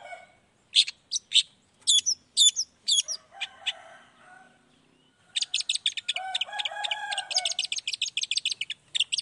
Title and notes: Cendet Gacor Dor Di Kala Pagi Toet Toet Variasi Suara. Cendet Gacor Langsung Nyaut Emosi Hanya dengan Sekali Putar Bikin Cendet Lainya Cepat Respon Bunyi. Burung cendet